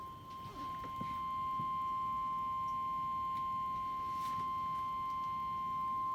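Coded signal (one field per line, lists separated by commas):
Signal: Emergency Alert System (SAME) tones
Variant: 1050 Hz attention tone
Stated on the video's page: A night of multiple alerts.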